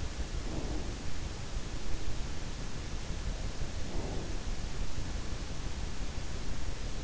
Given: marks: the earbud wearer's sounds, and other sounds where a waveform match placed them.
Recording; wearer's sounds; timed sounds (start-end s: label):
sounds in sleep by an in-ear microphone; breath
0.35-1.26 s: breath
3.54-4.54 s: breath